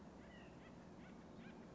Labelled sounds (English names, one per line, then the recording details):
White-breasted Nuthatch
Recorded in Sonoma County, California